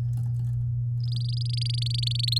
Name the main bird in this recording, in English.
Domestic Canary